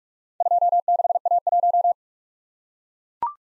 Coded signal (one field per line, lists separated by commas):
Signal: Morse code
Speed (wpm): 44 wpm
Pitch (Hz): 700 Hz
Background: none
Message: 26A1